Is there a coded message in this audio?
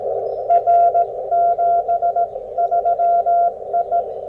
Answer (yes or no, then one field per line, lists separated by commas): yes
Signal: Morse code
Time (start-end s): 0.5-4.0 s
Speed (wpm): 17 wpm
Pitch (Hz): 690 Hz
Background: none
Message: R 73 I